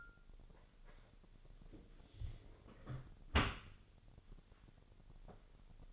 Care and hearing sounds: daily activity, microphone in the room; close dishwasher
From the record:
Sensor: 4

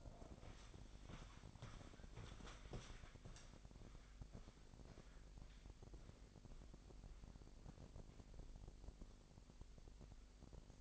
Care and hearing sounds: daily activity, microphone in the room; walk to room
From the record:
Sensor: 5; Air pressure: 999.6 hPa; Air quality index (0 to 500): 223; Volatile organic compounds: 21 ppm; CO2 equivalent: 2726 ppm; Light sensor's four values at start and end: 33/76/31/30 and 35/81/32/31

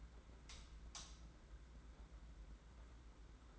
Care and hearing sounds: daily activity, microphone in the room; light on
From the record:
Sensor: 3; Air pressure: 991.9 hPa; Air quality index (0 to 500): 219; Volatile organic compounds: 1000 ppm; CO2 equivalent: 7500 ppm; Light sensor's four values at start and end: 16/38/15/14 and 22/58/23/21

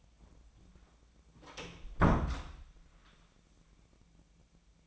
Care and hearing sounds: daily activity, microphone in the room; close door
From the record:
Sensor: 1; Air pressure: 1009.3 hPa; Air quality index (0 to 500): 188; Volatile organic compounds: 4 ppm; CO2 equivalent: 1580 ppm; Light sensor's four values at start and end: 68/159/71/77 and 68/159/71/77

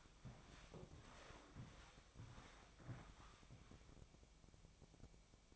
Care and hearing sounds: daily activity, microphone in the room; walk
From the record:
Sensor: 1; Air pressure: 1000.5 hPa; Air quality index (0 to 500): 172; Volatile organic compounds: 4 ppm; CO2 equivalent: 1598 ppm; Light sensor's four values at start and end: 14/35/14/17 and 14/35/14/17

